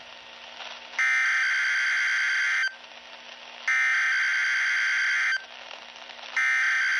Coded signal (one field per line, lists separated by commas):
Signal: Emergency Alert System (SAME) tones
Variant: header bursts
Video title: Required weekly test on a Friday! (EAS #11) 2-21-20